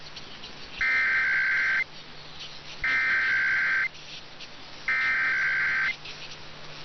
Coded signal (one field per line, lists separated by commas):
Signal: Emergency Alert System (SAME) tones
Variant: header bursts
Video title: [EAS #2405-#2410] The IPAWS Weekly has returned